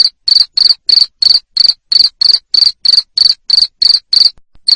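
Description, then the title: Cricket: high pulsed chirps in quick, even succession, roughly three per second, with a short pause before the last chirp. Loud cricket chirping played to stimulate lovebirds to keep singing (ngekek). "Suara JANGKRIK NGERIK Keras Bikin LOVEBIRD Jadi NGEKEK Terus Vubey"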